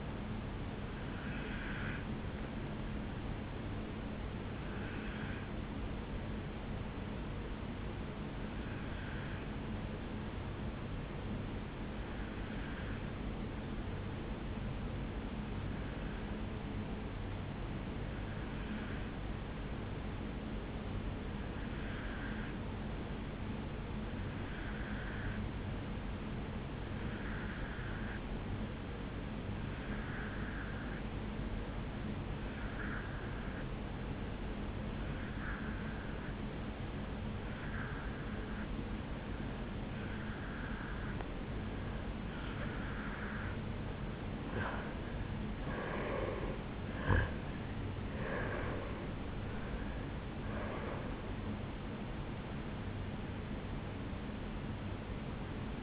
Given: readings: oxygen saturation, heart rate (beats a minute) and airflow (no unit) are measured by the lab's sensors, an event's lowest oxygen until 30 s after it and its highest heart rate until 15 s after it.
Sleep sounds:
breathing in sleep by a voice recorder at the bedside; 1
4.00-44.00 s: obstructive apnea (N2, oxygen 97% highest, then 86% lowest, heart rate 57 at the start, 75 highest)
From the record:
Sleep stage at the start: N2 (light sleep); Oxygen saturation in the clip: 87 to 97%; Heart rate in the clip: 57 to 75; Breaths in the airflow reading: 5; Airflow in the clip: -10.3 to 7.7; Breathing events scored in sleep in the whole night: 449 in 7.0 hours asleep

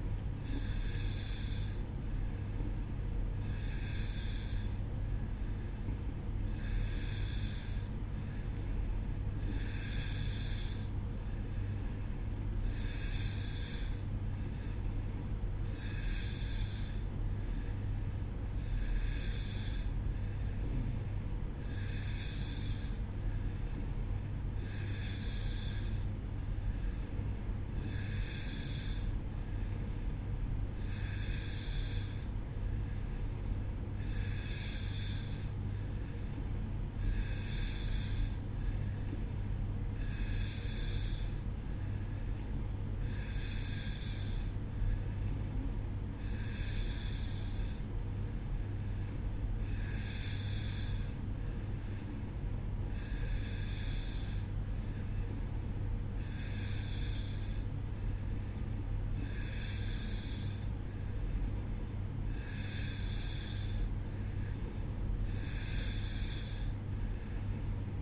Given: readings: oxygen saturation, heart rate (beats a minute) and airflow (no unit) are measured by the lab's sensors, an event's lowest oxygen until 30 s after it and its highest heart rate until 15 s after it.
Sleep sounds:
breathing in sleep by a smartphone at the bedside; none
none scored
From the record:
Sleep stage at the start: N2 (light sleep); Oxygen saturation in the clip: 90 to 91%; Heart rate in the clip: 63 to 68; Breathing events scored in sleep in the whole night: 305 in 9.6 hours asleep

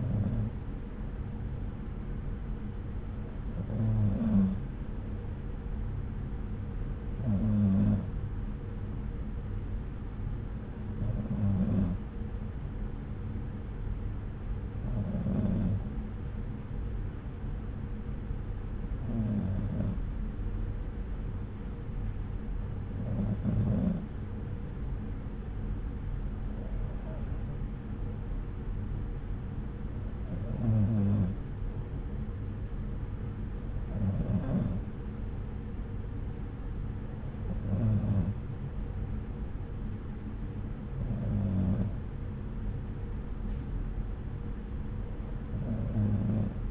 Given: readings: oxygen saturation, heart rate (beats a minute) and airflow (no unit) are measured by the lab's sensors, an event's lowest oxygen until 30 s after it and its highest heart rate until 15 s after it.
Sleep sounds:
breathing in sleep by a smartphone at the bedside; none
none scored
From the record:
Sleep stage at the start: N2 (light sleep); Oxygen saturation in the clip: 93%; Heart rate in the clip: 62 to 67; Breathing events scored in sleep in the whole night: 303 in 8.1 hours asleep

